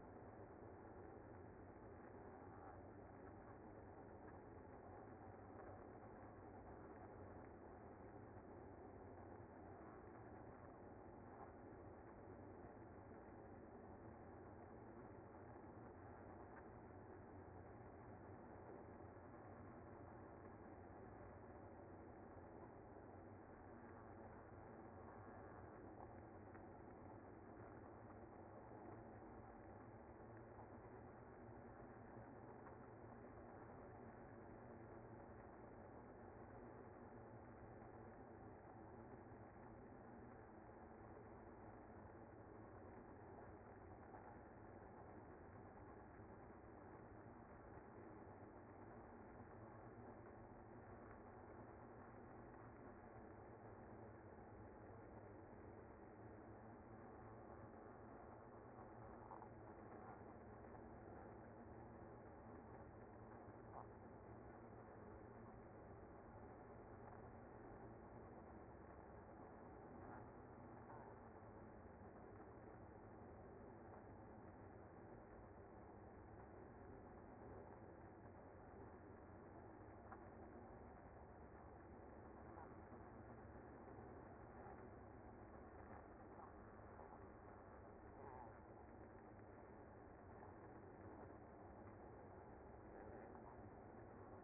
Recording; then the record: honeybee colony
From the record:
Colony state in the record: active